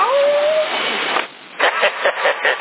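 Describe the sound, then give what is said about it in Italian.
A single short, thin meow from one of two cats kept at home, a high wavering tone lasting under a second, followed by a pause and then several short bursts of someone talking. “Ne ho due qua, ma uno è sterilizzato, l'altro no. E ogni tanto sarà un paio di miagura.”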